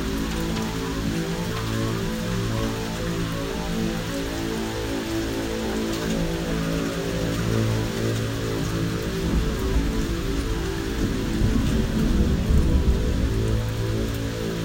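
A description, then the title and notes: Steady, dense rain patters and hisses through a thunderstorm, with a constant low droning hum underneath. From about nine seconds a deeper rolling rumble swells in, and the sound grows slightly louder toward the end. Actual recording of a thunderstorm.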